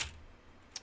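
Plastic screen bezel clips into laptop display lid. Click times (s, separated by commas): 0.0 s, 0.8 s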